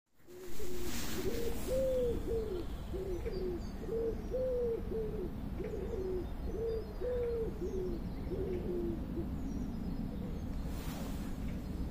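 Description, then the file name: Pigeon cooing, soft low rolling coos in repeated phrases over a steady low rumble of background noise. "duif"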